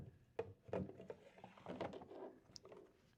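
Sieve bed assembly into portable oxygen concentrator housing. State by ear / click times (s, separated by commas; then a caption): not seated / none. New sieve bed tubes for a Rhythm P2 portable oxygen concentrator are handled and slid back into the concentrator housing, flat side toward the bottom, with short knocks and rubbing scrapes throughout. The clip ends before the sieve beds are all the way in; nothing has seated or clicked yet.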